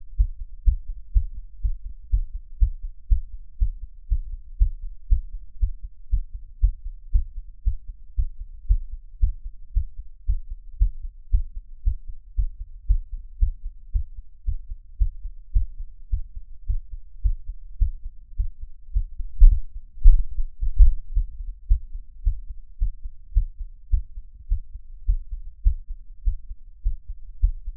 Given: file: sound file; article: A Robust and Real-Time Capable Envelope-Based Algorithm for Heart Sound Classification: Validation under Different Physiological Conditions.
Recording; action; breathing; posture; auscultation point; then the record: heart sounds by electronic stethoscope; after 5 min of sport; deep; sitting; Erb’s point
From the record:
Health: healthy, no known heart disease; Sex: male